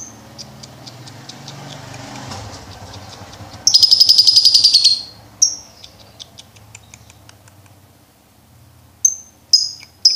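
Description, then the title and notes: Lovebird song: a loud, fast rattling trill of about a second over a low engine-like hum, followed by scattered high chirps. Training recording for birds to learn the ngekek song style. "MASTERAN BURUNG. Belajar Ngekek. lofbet"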